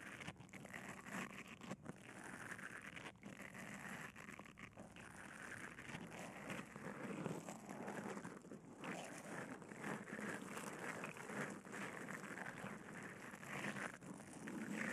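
Bubble wrap and a sponge being squeezed and rubbed make a dense, unbroken crackling and fizzing that runs the whole fifteen seconds. Tiny pops and crinkles pile up with only brief dips near 2, 3, 4.5 and 9 seconds, and the level stays fairly even.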